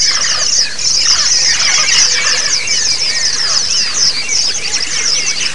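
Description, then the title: White-eyes in full chorus, rapid overlapping squeaky twitters forming a continuous high wash of sound throughout. A group (ombyokan) of white-eyes singing together, a therapy (terapi) recording. "Suara Terapi Pleci Ombyokan"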